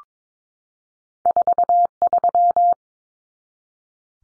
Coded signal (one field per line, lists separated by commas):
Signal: Morse code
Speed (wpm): 22 wpm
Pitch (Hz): 700 Hz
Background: none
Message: 43